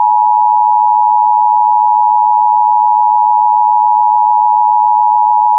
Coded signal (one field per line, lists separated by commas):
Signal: Emergency Alert System (SAME) tones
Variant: 853 and 960 Hz attention tone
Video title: [EAS] Severe Thunderstorm Warning for Red Lake Nation, Kelliher, and Blackduck w/ 2” Hail! (7/24/26)